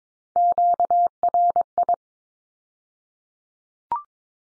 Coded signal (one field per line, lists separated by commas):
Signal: Morse code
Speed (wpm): 22 wpm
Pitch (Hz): 700 Hz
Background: none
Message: QRI